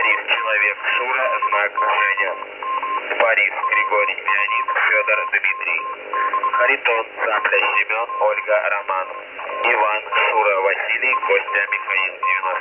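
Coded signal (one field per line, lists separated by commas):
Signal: coded military voice message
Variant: Russian, phonetic alphabet spelling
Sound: male Russian voice over radio spelling words in phonetic alphabet, with a whining interfering tone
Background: radio static, interfering tone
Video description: 4896 kHz 1932 Number Station Russian RUS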